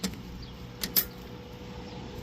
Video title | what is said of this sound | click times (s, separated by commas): Bearing maintenance day, AGAIN!!!. 😮‍💨 | snap this thing over. | 0.8 s